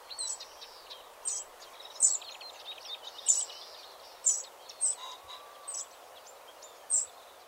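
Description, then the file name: Eurasian wren uttering crisp, very high clicking chips at irregular intervals, some doubled, with faint quicker notes between them over a constant background hiss. "Troglodytes troglodytes"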